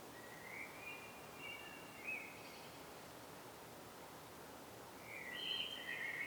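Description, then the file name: Common blackbird song: two soft fluty warbled phrases near the start, then a louder phrase ending in a high squeaky twitter, over steady background hiss. "Turdus merula"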